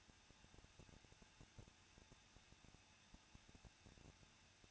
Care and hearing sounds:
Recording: daily activity, microphone in the room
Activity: no activity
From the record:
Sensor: 2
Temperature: 21.0 degrees Celsius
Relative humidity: 37.6%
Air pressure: 1006.3 hPa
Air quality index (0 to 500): 224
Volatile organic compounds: 25 ppm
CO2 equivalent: 2848 ppm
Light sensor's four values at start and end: 2/3/2/2 and 2/3/2/2

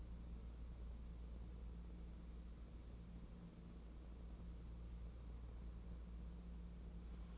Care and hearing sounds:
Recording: daily activity, microphone in the room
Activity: wipe stove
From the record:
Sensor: 1

